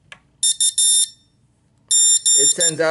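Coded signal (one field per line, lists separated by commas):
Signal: Morse code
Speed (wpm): 13 wpm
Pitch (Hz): 3650 Hz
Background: speech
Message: U G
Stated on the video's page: Morse from a FUNKeYer no-solder keyer kit, with fun and simple keyer modes for paddle or straight key.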